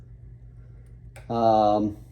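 A wire pin terminal is handled at a Harvest Right harness connector housing during a harness replacement, with the final terminal about to be pushed in. A brief faint tick comes at about 1.2 s over a low steady hum, then someone talks. Nothing has seated or clicked into place yet.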